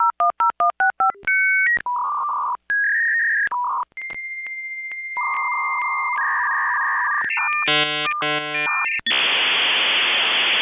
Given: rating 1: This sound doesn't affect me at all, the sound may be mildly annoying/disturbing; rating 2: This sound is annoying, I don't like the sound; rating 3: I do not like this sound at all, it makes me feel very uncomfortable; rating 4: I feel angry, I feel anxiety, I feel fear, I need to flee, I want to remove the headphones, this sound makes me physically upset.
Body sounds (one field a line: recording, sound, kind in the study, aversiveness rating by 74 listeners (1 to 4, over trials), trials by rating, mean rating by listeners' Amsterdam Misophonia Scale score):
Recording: sound for misophonia research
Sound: modem dial-up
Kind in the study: generally unpleasant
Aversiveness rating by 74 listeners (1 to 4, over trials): mean 1.85, standard deviation 0.89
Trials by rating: 120 rated 1, 118 rated 2, 37 rated 3, 20 rated 4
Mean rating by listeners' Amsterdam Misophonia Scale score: 1.70 (sub-clinical, 0 to 4), 1.95 (mild, 5 to 9), 1.81 (moderate, 10 to 14), 2.00 (severe or extreme, 15 or more)